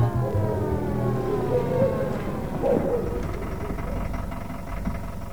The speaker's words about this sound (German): Ihre Sirene war ja schon von Weitem zu hören.